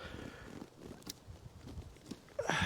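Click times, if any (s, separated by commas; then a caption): none. Someone pushes down the sliding runner latch on the pole of a brolly (umbrella) bivvy shelter frame, expecting it to click and lock. Only faint knocks, rustling and a louder burst near the end are heard, and someone talks. The latch fails, and nothing has clicked or locked.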